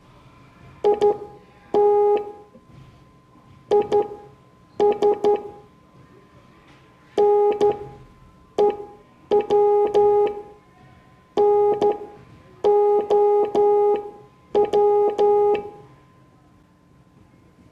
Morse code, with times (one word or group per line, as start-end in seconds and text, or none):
0.8-2.2 IT
3.7-5.4 IS
7.2-10.3 NEW
11.4-15.5 NOW